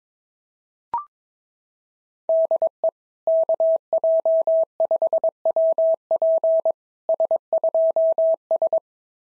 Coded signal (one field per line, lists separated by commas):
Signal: Morse code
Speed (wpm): 22 wpm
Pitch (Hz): 650 Hz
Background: none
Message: DE KJ5WP S2S